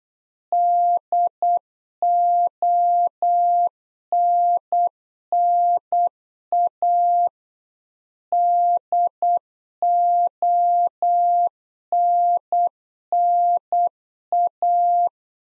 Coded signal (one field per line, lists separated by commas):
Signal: Morse code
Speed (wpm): 8 wpm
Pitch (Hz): 700 Hz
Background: none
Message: DONNA DONNA